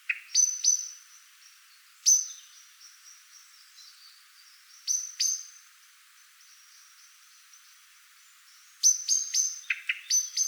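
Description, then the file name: Common blackbird producing sharp chinking calls, in short groups and single notes at first, then a rapid cluster of notes near the end. "Turdus merula"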